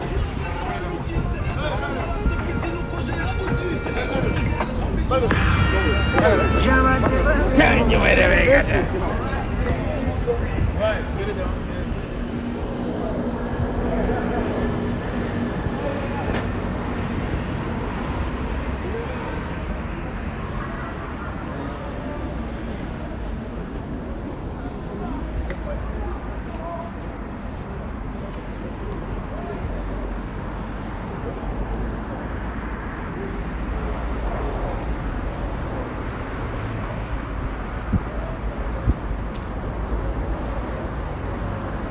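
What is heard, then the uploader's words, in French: Street sound from Pigalle: a steady wash of traffic and city rumble, with voices talking over it. The busiest, loudest moment comes around five to nine seconds, with clattering and a bright squeal, before settling into an even, murmuring hum with occasional knocks. Son original des rue de Pigalle.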